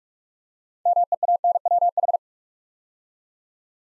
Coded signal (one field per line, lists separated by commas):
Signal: Morse code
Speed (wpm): 44 wpm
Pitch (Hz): 700 Hz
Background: none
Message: MEANWH